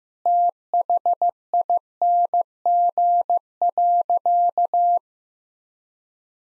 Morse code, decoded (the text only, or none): THING.